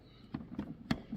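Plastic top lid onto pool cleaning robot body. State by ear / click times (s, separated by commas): not seated / none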